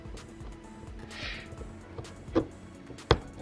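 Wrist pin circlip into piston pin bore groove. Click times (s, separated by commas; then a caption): 3.1 s. A wrist pin retaining circlip is worked into the groove of the piston pin bore with a screwdriver on a 2JZ engine's piston and connecting rod. Faint scraping and metal handling lead to a sharp, loud metallic snap at 3.1 s. The circlip seats in its groove.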